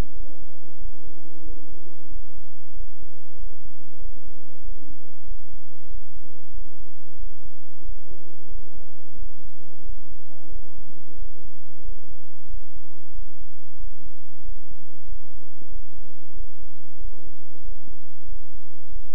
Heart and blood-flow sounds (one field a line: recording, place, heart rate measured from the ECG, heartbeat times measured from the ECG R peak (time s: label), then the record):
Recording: heart sounds by stethoscope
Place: between the tricuspid and mitral areas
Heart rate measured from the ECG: 93 bpm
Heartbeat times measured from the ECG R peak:
0.13 s: heartbeat
0.78 s: heartbeat
1.43 s: heartbeat
2.09 s: heartbeat
2.73 s: heartbeat
3.36 s: heartbeat
3.98 s: heartbeat
4.61 s: heartbeat
5.24 s: heartbeat
5.87 s: heartbeat
6.51 s: heartbeat
7.16 s: heartbeat
7.82 s: heartbeat
8.48 s: heartbeat
9.15 s: heartbeat
9.82 s: heartbeat
10.49 s: heartbeat
11.15 s: heartbeat
11.82 s: heartbeat
12.47 s: heartbeat
13.12 s: heartbeat
13.77 s: heartbeat
14.42 s: heartbeat
15.05 s: heartbeat
15.69 s: heartbeat
16.33 s: heartbeat
16.98 s: heartbeat
17.61 s: heartbeat
18.25 s: heartbeat
18.89 s: heartbeat
From the record:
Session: bicycle stress test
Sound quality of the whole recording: good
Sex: male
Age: 26 years